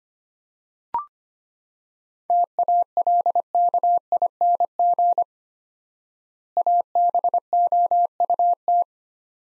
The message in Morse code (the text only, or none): TALKING ABOUT